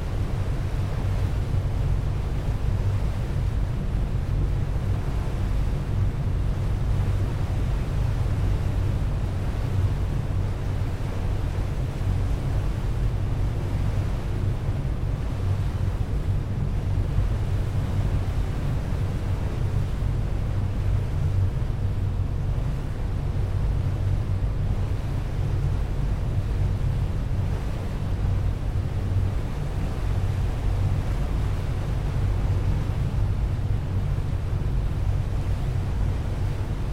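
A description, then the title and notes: Bow wash rushes past the open car deck of a ferry, a constant churning roar with a deep rumble underneath from the vessel's engines. The sound holds steady and dense throughout, with soft gusts of wind buffeting the microphone now and then. Car Deck Starboard Bow Wash Stereo. Round-trips on the Seattle-Bainbridge Island Ferry.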